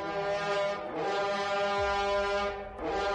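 Men standing on both sides of a ritual altar blow horn trumpets (tù và) pointed at the sky in the misty early morning, echoing across mountains and forest: long, sustained, harmonic-rich blasts, rich and brassy, with brief dips between breaths around one and two-and-a-half seconds. No one speaks.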